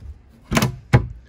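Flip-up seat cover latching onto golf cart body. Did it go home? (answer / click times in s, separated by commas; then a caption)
yes / 0.9 s. On a 2022 EZ GO S4 Elite Lithium golf cart, the flip-up premium seat cover over the removable cooler insert is lowered onto the cart body. A broad burst at about 0.6 s is followed by a sharp snap at 0.9 s as the cover latches shut, seated in place. Someone talks briefly.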